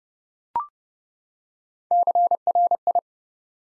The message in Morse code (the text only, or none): CRI